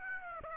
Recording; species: mosquito wingbeat signal from an infrared sensor; Aedes aegypti